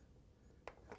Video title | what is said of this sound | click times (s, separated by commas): How to operate a Manfrotto tripod | there, click into place | 0.7 s